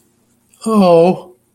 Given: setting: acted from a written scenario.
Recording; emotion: vocal sound without words; adoration